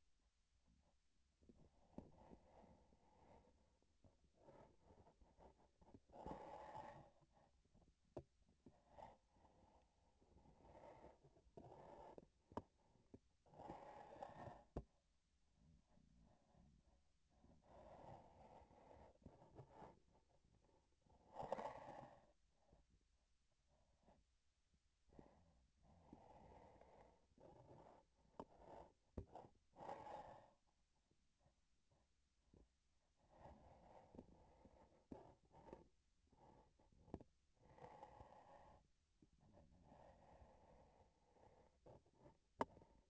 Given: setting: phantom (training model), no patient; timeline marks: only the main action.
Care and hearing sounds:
laparoscopic instrument, vibration sensor on the handle end
4.27-5.73 s: palpation
11.53-13.27 s: palpation
19.20-20.00 s: palpation
28.11-29.59 s: palpation
36.21-37.34 s: palpation
42.69-43.10 s: palpation
From the record:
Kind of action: gesture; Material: synthetic tissue

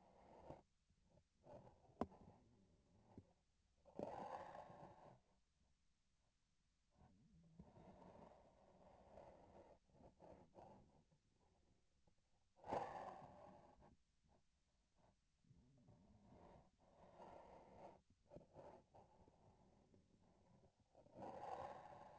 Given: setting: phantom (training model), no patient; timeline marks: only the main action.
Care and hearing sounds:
laparoscopic instrument, vibration sensor on the handle end
1.34-3.41 s: palpation
9.87-11.03 s: palpation
18.23-20.84 s: palpation
From the record:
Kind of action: gesture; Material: synthetic tissue

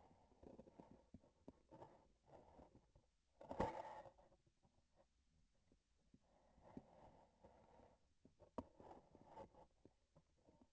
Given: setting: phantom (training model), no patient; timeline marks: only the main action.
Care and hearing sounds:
laparoscopic instrument, vibration sensor on the handle end
1.18-3.09 s: palpation
8.21-9.76 s: palpation
From the record:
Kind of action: gesture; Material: synthetic tissue

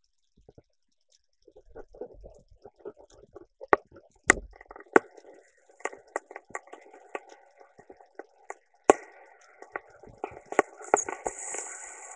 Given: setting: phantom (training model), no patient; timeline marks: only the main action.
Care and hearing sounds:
laparoscopic instrument, vibration sensor on the handle end
3.31-12.16 s: coagulation
From the record:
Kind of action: gesture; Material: ex-vivo porcine liver

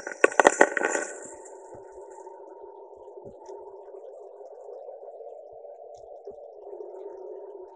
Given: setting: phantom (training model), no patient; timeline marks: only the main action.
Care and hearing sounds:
laparoscopic instrument, vibration sensor on the handle end
0.00-7.76 s: coagulation
From the record:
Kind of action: gesture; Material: ex-vivo porcine liver

